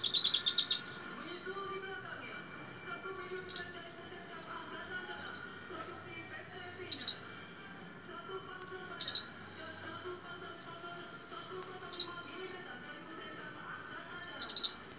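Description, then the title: Small bird singing short, sizzling high chirp bursts about every three seconds over a steady high insect-like trill and faint lower tones. "Burung Kecil"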